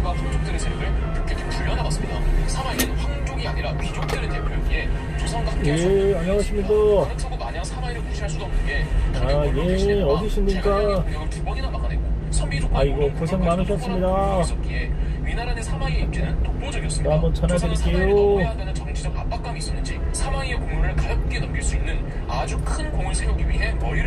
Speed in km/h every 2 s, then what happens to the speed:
15, 13, 12, 10, 9, 10, 12, 14, 16, 16, 15, 13.
0-9 steady at about 12. 9-18 speeds up to 16. 18-24 steady at about 15.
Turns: none.